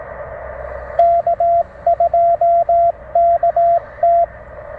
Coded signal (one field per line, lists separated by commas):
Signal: Morse code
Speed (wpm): 18 wpm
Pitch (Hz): 690 Hz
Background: radio noise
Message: K2KT